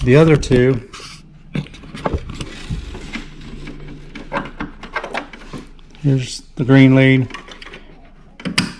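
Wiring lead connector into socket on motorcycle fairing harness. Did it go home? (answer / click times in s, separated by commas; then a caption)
yes / 8.6 s. On a Kawasaki Vulcan VN1700, the green lead's connector is pushed up into its mating socket on the motorcycle fairing wiring harness while someone talks, with soft handling taps along the way. A sharp, loud click at 8.6 s marks the connector locking into place.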